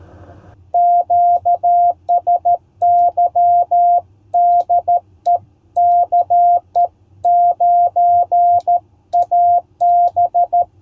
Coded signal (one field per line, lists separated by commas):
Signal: Morse code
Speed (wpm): 13 wpm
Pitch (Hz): 700 Hz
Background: none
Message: QSY DE KE9AB